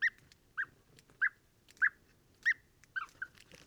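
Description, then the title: European bee-eater calls, clear rolling notes repeated at short, fairly even intervals, with faint background sounds. Pre-migration roost gathering in a very large acacia, Oasis Mayateg, Adrar, Mauritania, 22 February 2019, recorded in the evening and at morning waking; Tlp7 and MixPre 3. "Dortoir de Guêpier d'Europe - Mauritanie"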